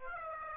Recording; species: mosquito wingbeat signal from an infrared sensor; Aedes aegypti